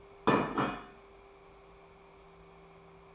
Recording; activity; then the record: daily activity, microphone in the room; place plate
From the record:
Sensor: 1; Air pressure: 1015.1 hPa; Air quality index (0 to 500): 201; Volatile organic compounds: 25 ppm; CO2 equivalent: 2849 ppm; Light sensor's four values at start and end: 27/65/28/33 and 27/65/28/33